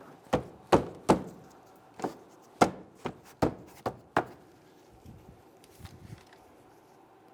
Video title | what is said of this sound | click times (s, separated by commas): How to Replace Rear Wheel Arch Moldings 2011-2019 Ford Explorer | Just continue this process around until we can get you completely snapped into place. | 0.3 s, 1.1 s, 2.6 s, 3.4 s, 4.2 s